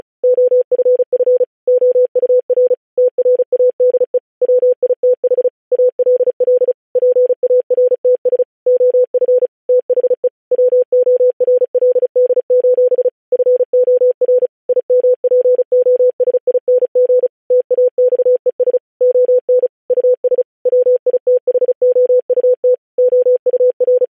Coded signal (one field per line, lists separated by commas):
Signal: Morse code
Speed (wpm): 36 wpm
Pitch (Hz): 500 Hz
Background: none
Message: OFF OUR TRADE WITH ALL PARTS OF THE WORLD: FOR IMPOSING TAXES ON US WITHOUT OUR